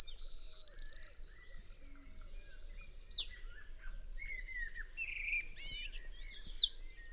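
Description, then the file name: Eurasian wren: high trilled song with buzzy passages and rapid looping notes, with a lower twittering strand toward the end. "Troglodytes troglodytes"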